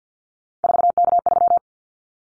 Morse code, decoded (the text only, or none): 4K3